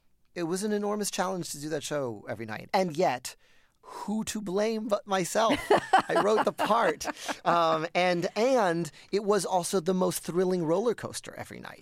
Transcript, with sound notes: it was an enormous challenge to do that show every night. And yet who to blame but myself?
(Laughter).
I wrote the part. And it was also the most thrilling roller coaster every night.